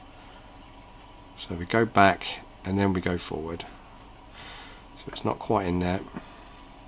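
A setting lever screw is turned with a screwdriver, first backwards and then forwards, to catch its thread in the setting lever of a mechanical watch movement (ETA 6498) while someone talks. Nothing has seated or clicked yet; the screw is not home by the end of the clip.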